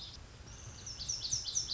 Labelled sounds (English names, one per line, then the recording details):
Lazuli Bunting
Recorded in Sonoma County, California